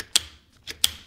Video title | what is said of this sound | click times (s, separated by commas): ecoreco L5 Plus Scooter Unboxing and Review | just pull it up this is spring-loaded and then it just locks into place just like that and | 0.2 s, 0.8 s